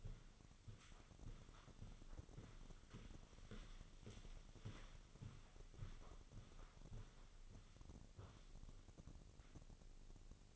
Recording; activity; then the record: daily activity, microphone in the room; walk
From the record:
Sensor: 4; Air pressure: 1010.1 hPa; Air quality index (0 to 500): 172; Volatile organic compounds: 2 ppm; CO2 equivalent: 1247 ppm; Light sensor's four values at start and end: 56/139/58/64 and 55/137/58/63